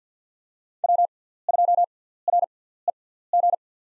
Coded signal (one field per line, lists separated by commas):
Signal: Morse code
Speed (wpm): 50 wpm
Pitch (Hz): 700 Hz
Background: none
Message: W2REG